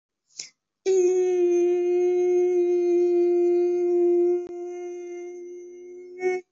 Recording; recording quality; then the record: sustained vowel as in beet; excellent, no background noise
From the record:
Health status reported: COVID-19 positive, mild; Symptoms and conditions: cough, cold, diabetes, ischaemic heart disease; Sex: female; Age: 52 years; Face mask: not worn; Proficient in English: no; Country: India